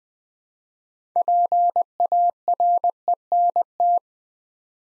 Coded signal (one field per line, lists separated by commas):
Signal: Morse code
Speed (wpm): 20 wpm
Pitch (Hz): 700 Hz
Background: none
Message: PARENT